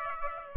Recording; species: mosquito wingbeat signal from an infrared sensor; Aedes aegypti